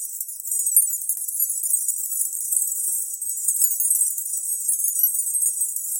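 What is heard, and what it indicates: Steady high-pitched hiss with energy from about 5 to 16 kHz, centred near 8 kHz, an 8k distractor tinnitus masking noise meant to distract from ringing.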